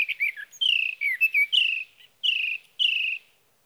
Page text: Sage thrasher songs, through the night. from the evening of June 12 to the morning of June 15, 2018, in Sierra Valley, California